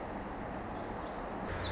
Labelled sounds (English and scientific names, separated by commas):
Pacific Wren (Troglodytes pacificus)